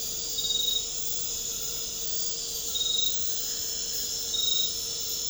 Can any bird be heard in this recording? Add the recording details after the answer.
no. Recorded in dense forest near Puerto Asís, Putumayo, Colombia, on 9 March 2025 at 23:00. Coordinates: 0.467, -76.328. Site G041